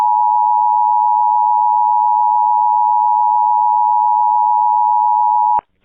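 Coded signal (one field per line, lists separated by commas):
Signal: Emergency Alert System (SAME) tones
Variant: 853 and 960 Hz attention tone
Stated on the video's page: Recreation of a 2010 civil danger warning script made in 2025.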